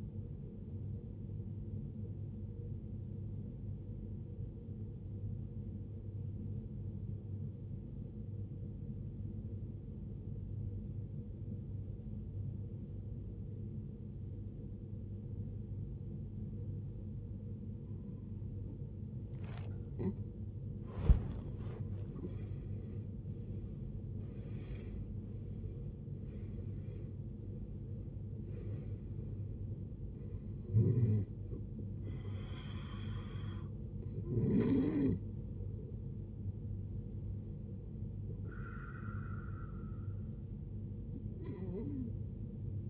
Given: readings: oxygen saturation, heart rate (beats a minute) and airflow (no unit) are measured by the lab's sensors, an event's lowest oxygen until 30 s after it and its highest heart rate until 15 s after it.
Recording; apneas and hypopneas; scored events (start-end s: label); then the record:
breathing in sleep by a smartphone at the bedside; 1
3.00-22.90 s: obstructive apnea (N2, oxygen 93% highest, then 79% lowest, heart rate 60 at the start, 80 highest)
23.00-42.90 s: new sleep stage, N1 (lightest sleep)
From the record:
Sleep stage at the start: N2 (light sleep); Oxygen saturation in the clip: 80 to 93%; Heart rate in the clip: 49 to 80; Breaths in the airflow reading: 7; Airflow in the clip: -19.4 to 18.1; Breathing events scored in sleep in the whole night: 389 in 6.3 hours asleep